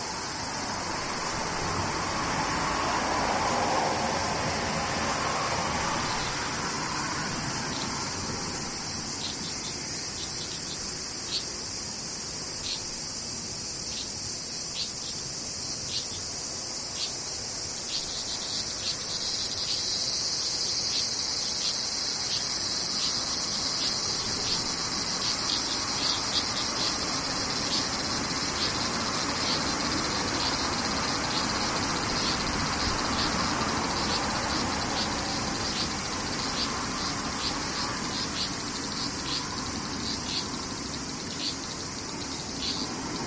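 Cicadas buzz without pause for the whole stretch, a thin, bright, unbroken drone high up. Rapid fine clicks pulse through it, thickest from about twenty seconds on. Underneath runs a soft, steady rush, with a faint lower swell near the start and again around thirty seconds.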